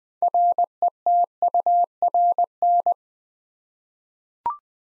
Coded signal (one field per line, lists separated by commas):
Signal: Morse code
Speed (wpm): 20 wpm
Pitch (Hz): 700 Hz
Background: none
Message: RETURN